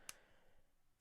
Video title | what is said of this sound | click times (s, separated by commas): How to Mount A Logitech Webcam to a Mic Stand | you rock it back on and it will click into place it takes a moment to do it when you're putting it back on | 0.1 s